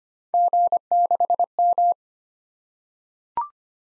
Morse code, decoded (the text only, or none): G6M